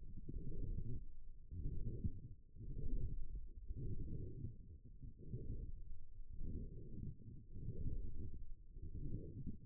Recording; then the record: forearm muscle sounds (acoustic myography)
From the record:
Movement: forearm pronation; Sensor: system 1, eight BSWA MPA416 microphones around the upper forearm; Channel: 4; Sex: female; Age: 21 years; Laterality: right